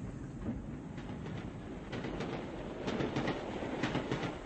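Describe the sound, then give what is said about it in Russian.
A train rolls steadily along the rails, a continuous low rumble with rhythmic clicking from the wheels that grows slightly louder toward the end. No voices. “Поезд набрал скорость.”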